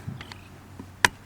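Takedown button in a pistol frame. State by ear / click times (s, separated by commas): seated / 1.1 s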